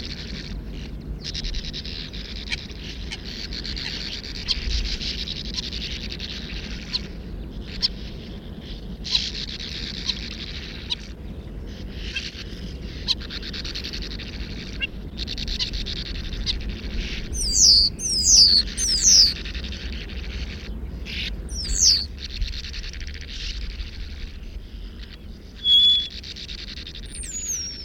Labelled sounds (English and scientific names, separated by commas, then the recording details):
Sand Martin (Riparia riparia) call
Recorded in the wild
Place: Gager, Insel Rügen, Mecklenburg-Vorpommern, DE
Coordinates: 54.31, 13.68
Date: 1970-06-06
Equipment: Nagra III BH, Sennheiser MD 21, parabola
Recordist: Schubert, Michael